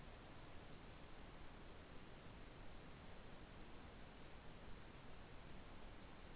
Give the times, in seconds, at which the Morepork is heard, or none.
none